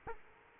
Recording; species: mosquito wingbeat signal from an infrared sensor; Aedes aegypti